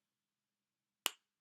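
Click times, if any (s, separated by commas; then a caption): 1.1 s. A plastic cap is pushed onto a glue stick tube after the glue has been lowered, seating with one sharp click at 1.1 s. The click is a brief, bright snap after near silence, and the cap is confirmed seated.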